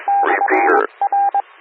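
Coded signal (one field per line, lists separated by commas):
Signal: Morse code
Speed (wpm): 21 wpm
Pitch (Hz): 800 Hz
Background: radio noise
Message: /R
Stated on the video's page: Audio from a 147.255 MHz SKYWARN repeater.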